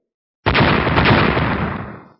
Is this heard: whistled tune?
no